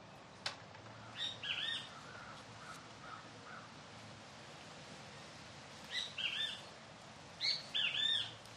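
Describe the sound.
Kiskadee giving brief clusters of harsh, arched notes three times, with fainter chirps between them and steady background hiss.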